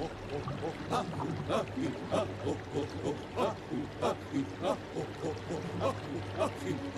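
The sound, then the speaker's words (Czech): Water bubbling and gurgling in quick, irregular bursts over a steady low hum, moderately loud throughout, with no clear talk. “Kluci, tolik bublin!”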